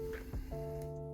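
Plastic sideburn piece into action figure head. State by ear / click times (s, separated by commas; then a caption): not seated / none. A small removable plastic sideburn piece that came off the head of an S.H. Figuarts Super Android 17 Dragon Ball GT action figure is handled as it is pushed back into place. Over a steady, music-like tonal hum, brief soft handling noises rise around 0.3 to 0.5 seconds. Nothing has seated or clicked yet.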